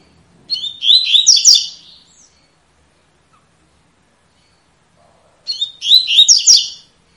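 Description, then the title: Double-collared seedeater song, two matching fast, buzzy warbled phrases about five seconds apart, with quiet between them. Tui-tui song style, a teacher song for training young birds. "COLEIRO TUI TUI FIBRA CANTO PROFESSOR"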